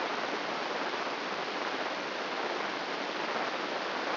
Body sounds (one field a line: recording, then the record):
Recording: brain microelectrode recording played as sound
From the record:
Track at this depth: outside the subthalamic nucleus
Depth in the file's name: 8.628 mm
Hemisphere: left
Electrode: 3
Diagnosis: Parkinson's disease